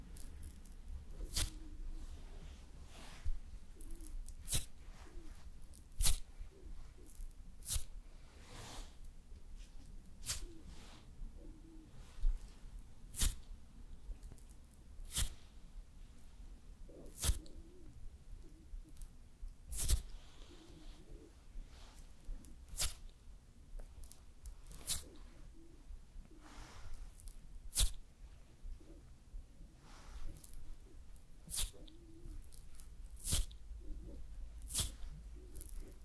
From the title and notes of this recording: ASMR Doing Your Makeup and Hair Styling for Party(No Talking).